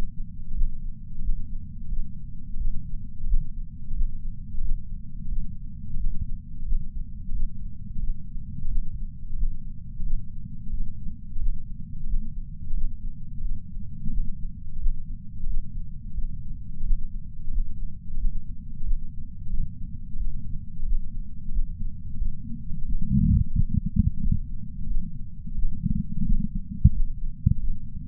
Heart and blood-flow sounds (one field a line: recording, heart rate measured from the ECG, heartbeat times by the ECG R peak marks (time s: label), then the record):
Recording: heart sounds by patch sensor on the chest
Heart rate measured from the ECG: 89 bpm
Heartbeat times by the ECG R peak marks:
0.54 s: heartbeat
1.22 s: heartbeat
1.88 s: heartbeat
2.57 s: heartbeat
3.26 s: heartbeat
3.94 s: heartbeat
4.61 s: heartbeat
5.28 s: heartbeat
5.96 s: heartbeat
6.65 s: heartbeat
7.32 s: heartbeat
7.99 s: heartbeat
8.68 s: heartbeat
9.36 s: heartbeat
10.03 s: heartbeat
10.69 s: heartbeat
11.39 s: heartbeat
12.06 s: heartbeat
12.74 s: heartbeat
13.41 s: heartbeat
14.10 s: heartbeat
14.79 s: heartbeat
15.47 s: heartbeat
16.13 s: heartbeat
16.83 s: heartbeat
17.51 s: heartbeat
18.17 s: heartbeat
18.84 s: heartbeat
19.49 s: heartbeat
20.16 s: heartbeat
20.85 s: heartbeat
21.52 s: heartbeat
22.17 s: heartbeat
22.85 s: heartbeat
23.53 s: heartbeat
24.20 s: heartbeat
24.86 s: heartbeat
25.54 s: heartbeat
26.25 s: heartbeat
26.93 s: heartbeat
27.59 s: heartbeat
From the record:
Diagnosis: coronary artery disease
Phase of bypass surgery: postoperative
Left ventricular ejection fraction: 66.5%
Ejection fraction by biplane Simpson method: 64.8%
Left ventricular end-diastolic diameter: 39 mm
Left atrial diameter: 31 mm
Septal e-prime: 4.5 cm/s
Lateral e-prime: 6.6 cm/s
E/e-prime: 22.7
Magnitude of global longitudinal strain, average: 16.9%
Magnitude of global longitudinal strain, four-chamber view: 19.4%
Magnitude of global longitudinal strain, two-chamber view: 15.7%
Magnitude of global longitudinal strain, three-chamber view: 15.8%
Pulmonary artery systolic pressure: 26 mmHg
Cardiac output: 4.24 L/min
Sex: female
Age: 80 years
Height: 150 cm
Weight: 49 kg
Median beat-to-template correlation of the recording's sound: 0.73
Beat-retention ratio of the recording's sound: 1.00